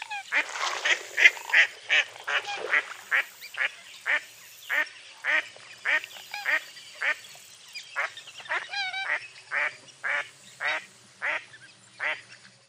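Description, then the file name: Duck giving a fast run of harsh quacks that starts loud and dense, then settles into an even series, with a brief whistled note midway. "zvuki glazchatoi kriakvy"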